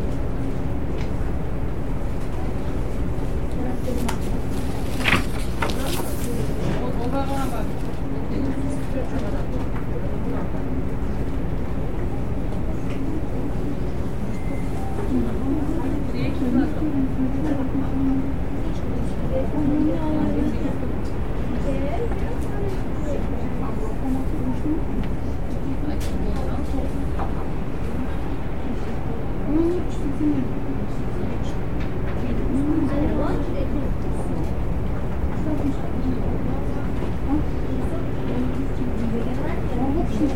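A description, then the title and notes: Bookstore ambience of steady low murmuring voices over a constant hum, with occasional soft knocks and clicks, brief sharp taps near five seconds. Cozy Bookstore Ambience.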